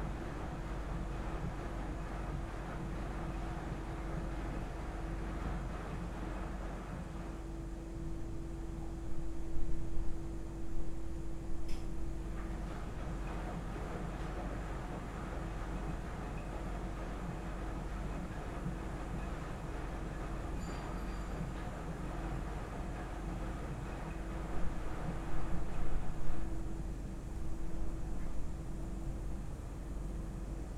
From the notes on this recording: Laundromat Osaka